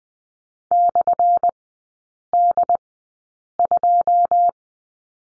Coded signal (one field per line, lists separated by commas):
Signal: Morse code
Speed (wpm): 20 wpm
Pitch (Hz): 700 Hz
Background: none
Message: /D2